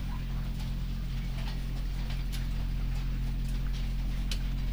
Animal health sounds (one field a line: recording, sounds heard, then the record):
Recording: poultry house recording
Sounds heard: sick chickens (respiratory disease)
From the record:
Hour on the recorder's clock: 20